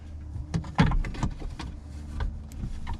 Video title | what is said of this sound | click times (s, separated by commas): GMT800 Center Console Arm Rest Replacement | and it just snaps into place | 0.5 s, 1.1 s